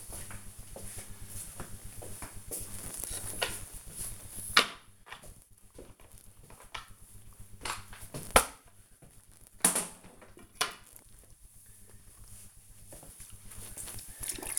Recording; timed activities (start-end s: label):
household activities, microphone on the right wrist
3.18-14.59 s: floor cleaning